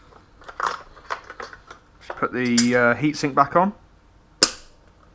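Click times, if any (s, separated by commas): 4.4 s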